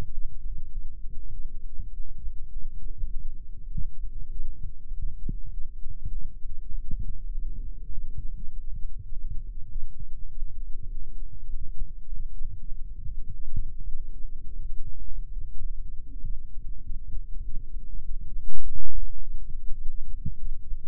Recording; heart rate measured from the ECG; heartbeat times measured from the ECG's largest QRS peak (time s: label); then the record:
heart sounds by microphone in the right ear; 101 bpm
0.12 s: heartbeat
0.72 s: heartbeat
1.32 s: heartbeat
1.93 s: heartbeat
2.52 s: heartbeat
3.12 s: heartbeat
3.72 s: heartbeat
4.32 s: heartbeat
4.92 s: heartbeat
5.52 s: heartbeat
6.12 s: heartbeat
6.72 s: heartbeat
7.32 s: heartbeat
7.92 s: heartbeat
8.51 s: heartbeat
9.11 s: heartbeat
9.70 s: heartbeat
10.30 s: heartbeat
10.89 s: heartbeat
11.48 s: heartbeat
12.07 s: heartbeat
12.66 s: heartbeat
13.27 s: heartbeat
13.87 s: heartbeat
14.47 s: heartbeat
15.06 s: heartbeat
15.65 s: heartbeat
16.25 s: heartbeat
16.84 s: heartbeat
17.44 s: heartbeat
18.03 s: heartbeat
18.62 s: heartbeat
19.22 s: heartbeat
19.81 s: heartbeat
20.39 s: heartbeat
From the record:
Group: healthy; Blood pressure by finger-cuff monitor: 133/90 mmHg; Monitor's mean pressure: 103 mmHg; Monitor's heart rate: 100 bpm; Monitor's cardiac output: 5.8 L/min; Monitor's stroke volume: 57 mL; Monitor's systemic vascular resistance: 1330 dyn s/cm5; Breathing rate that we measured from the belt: 18 breaths a minute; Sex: female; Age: 51 years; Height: 162 cm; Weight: 70.04 kg